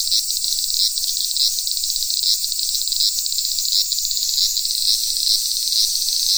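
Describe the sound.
Cicada song, a shrill continuous buzz with a steady rapid pulsing and no other clear sounds.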